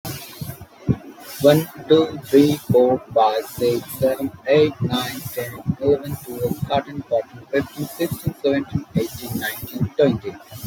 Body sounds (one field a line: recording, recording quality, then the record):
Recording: counting at a normal pace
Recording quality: moderate, slight background noise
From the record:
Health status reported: healthy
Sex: male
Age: 20 years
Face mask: not worn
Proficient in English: yes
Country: India